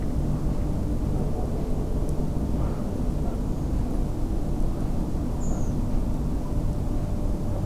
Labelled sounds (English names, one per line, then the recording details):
Redwing
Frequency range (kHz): Redwing 5.9-7.9 kHz
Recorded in France